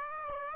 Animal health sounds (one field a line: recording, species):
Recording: mosquito wingbeat signal from an infrared sensor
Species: Aedes aegypti